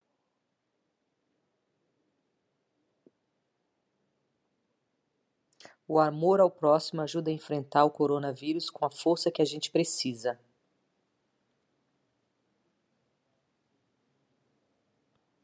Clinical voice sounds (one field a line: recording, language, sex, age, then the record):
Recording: spoken sentence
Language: Brazilian Portuguese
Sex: female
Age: 50 to 59 years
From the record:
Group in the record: control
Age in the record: 55 years